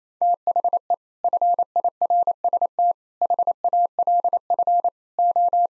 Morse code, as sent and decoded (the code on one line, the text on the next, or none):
- .... . / ..-. .. .-. ... - / .... .- .-.. ..-. / ---
THE FIRST HALF O